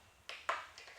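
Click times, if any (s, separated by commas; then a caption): 0.3 s, 0.5 s. A new coin battery is fitted one-handed into a car key fob's plastic housing. Sharp clicks come at 0.3 s and 0.5 s, followed by a fainter tap near 0.8 s. The battery clicks into place and is seated.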